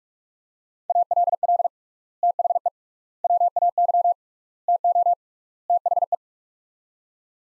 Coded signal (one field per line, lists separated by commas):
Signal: Morse code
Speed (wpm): 47 wpm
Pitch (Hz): 700 Hz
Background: none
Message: ALL THE WAY TO THE